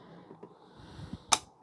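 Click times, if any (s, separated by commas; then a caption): 1.3 s. A part is carefully pushed into the handheld display unit of a DEPSTECH 5" IPS screen triple-lens endoscope inspection camera with light, handled gently for fear of damaging it. Soft low handling rustles lead up to a loud, sharp broadband click at 1.3 s, followed by faint fumbling. The part latches home and is seated.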